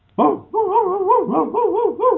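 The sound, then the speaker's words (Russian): A person's voice imitates a shepherd dog barking: one sharp, loud bark, then a steady run of wavering, whiny, howl-like barks with no other talk. “Смотри, как овчарка лаешь.”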